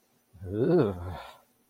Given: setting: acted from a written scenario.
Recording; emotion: vocal sound without words; ecstasy